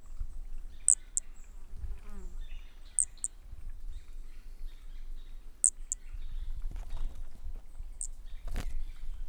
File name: Brachy sp ind 3 perdeu notas 20 cm Corcovado 18 dez 2017 MRB